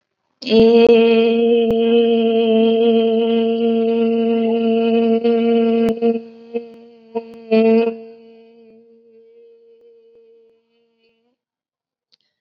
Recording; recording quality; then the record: sustained vowel as in made; excellent, no background noise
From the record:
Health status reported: COVID-19 positive, mild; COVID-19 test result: positive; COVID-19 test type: RT-PCR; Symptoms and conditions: cough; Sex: female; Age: 19 years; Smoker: no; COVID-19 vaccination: both doses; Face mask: worn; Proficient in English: yes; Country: India